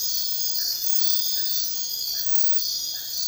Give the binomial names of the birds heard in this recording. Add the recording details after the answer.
none. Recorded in dense forest near Puerto Asís, Putumayo, Colombia, on 19 February 2024 at 04:00. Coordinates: 0.500, -76.322. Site G6465